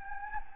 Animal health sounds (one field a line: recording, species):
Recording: mosquito wingbeat signal from an infrared sensor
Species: Anopheles gambiae